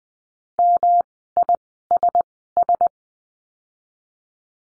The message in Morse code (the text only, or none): MISS